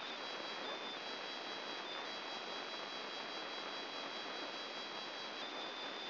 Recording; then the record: brain microelectrode recording played as sound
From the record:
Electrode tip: inside the subthalamic nucleus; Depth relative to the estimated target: -2 mm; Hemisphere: left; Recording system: AlphaMap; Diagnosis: Parkinson's disease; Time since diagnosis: 11 years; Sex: male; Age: 50 years